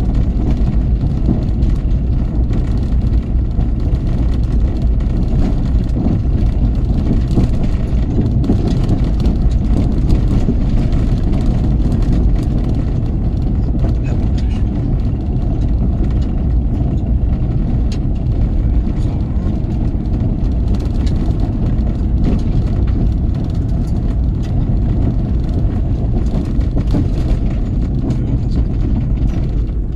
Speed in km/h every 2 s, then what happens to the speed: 26, 27, 27, 29, 29, 29, 31, 29, 31, 31, 32, 34, 34, 34, 27.
0-26 speeds up to 34. 26-30 slows to 27.